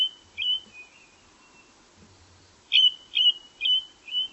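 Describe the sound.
Bird calling with clear whistled notes, a few softer whistles first, then four quick bright whistles near the end.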